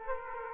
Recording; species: mosquito wingbeat signal from an infrared sensor; Aedes aegypti